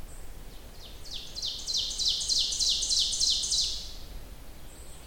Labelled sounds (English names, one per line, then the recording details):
Ovenbird song
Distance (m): 30 m
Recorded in boreal forest in Alberta, Canada, on 30 June 2016 at 07:10
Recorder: SongMeter 3, array SBT-6-79
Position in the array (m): 215 m, 19 m
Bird 39